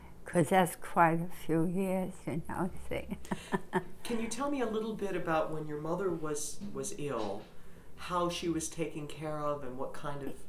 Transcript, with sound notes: because that's quite a few years, you know, see? (she laughs)
Can you tell me a little bit about when your mother was, was ill, how she was taken care of and what kind of...